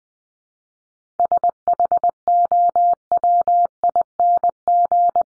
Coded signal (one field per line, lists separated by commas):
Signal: Morse code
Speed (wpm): 20 wpm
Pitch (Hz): 700 Hz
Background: none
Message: SHOWING